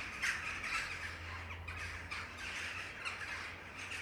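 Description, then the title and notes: Western jackdaw: overlapping sharp chack notes from a group of jackdaws, coming in uneven bursts over a low background hum. Jackdaws giving territorial calls in the afternoon near sunset, a territorial racket. "ｐａｔｚｒ ｒａｄｉｏ ｎｉｎｅｔｙ－ｓｅｖｅｎ－ｂ - untitled [Jackdaws, mainly]. the jackdaws were so good this afternoon. this territorial racket any day i'm around near sunset"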